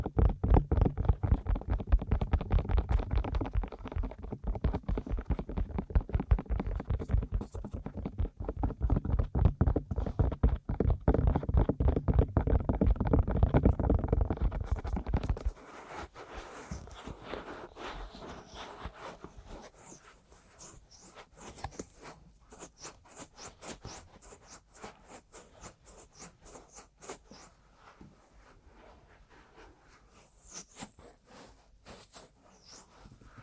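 Aggressive ear massage and tapping, with dense, rapid rubbing and thumping that is heavy and low for the first fifteen seconds. After that it abruptly turns quieter and brighter, becoming lighter scratchy taps and crackles that continue in quick, uneven bursts to the end.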